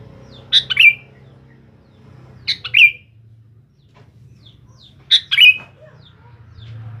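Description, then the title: Sooty-headed bulbul song: a short, bubbly phrase repeated three times a few seconds apart, over a faint low hum. "Kutilang"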